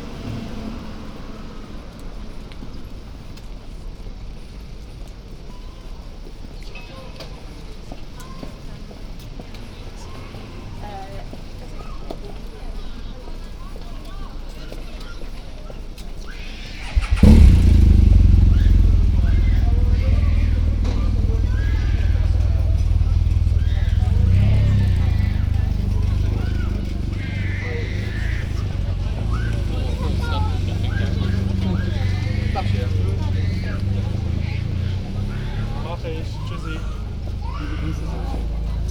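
A walk along city streets, with voices in the background. For the first seventeen seconds there is a steady low murmur, then a heavy rumble rises suddenly, like a passing vehicle, and stays louder and fuller for the rest, with scattered speech throughout.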